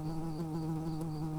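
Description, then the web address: Early bumblebee buzz: a steady, low, droning hum with rich overtones, holding an even pitch throughout. Workers. "bumblebees Pratorum-workers"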